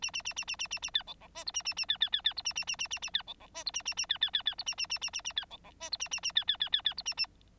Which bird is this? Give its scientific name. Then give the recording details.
Lonchura striata domestica. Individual Bird9